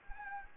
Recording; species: mosquito wingbeat signal from an infrared sensor; Anopheles gambiae